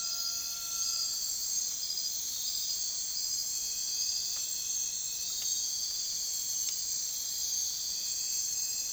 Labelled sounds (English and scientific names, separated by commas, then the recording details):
none
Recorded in secondary vegetation near Puerto Asís, Putumayo, Colombia, on 23 June 2025 at 04:00
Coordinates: 0.498, -76.327
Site GP09